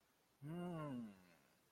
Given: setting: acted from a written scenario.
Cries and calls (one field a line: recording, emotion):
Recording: vocal sound without words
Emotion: confusion